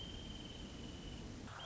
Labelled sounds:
Wrentit
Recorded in Sonoma County, California

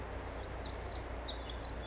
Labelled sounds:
Pacific Wren
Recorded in Sonoma County, California

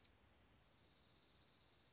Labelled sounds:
Dark-eyed Junco
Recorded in Sonoma County, California

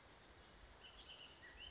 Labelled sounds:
Bullock's Oriole
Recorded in Sonoma County, California

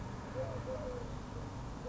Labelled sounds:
Eurasian Collared Dove
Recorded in Sonoma County, California

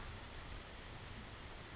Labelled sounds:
California Towhee
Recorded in Sonoma County, California

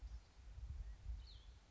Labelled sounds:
Cassin's Vireo
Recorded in Sonoma County, California

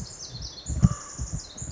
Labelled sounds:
Pacific Wren
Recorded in Sonoma County, California

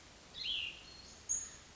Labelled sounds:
Cassin's Vireo
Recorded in Sonoma County, California

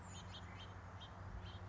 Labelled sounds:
House Finch
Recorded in Sonoma County, California

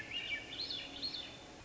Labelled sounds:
Swainson's Thrush
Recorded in Sonoma County, California

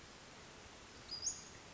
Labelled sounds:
Western Flycatcher
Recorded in Sonoma County, California

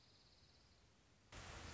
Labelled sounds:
Dark-eyed Junco
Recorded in Sonoma County, California

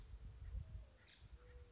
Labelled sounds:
Nuttall's Woodpecker
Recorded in Sonoma County, California

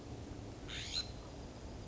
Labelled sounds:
California Scrub-Jay
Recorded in Sonoma County, California

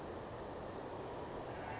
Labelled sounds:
Western Flycatcher
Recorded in Sonoma County, California

